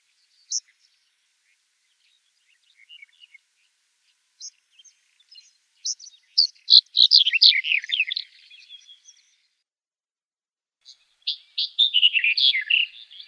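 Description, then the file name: Black-headed bunting song: scattered sharp single notes lead into a loud, rapid, scratchy warble, then a second similar phrase follows after a short pause. "Ovsjanka chernogolovaja"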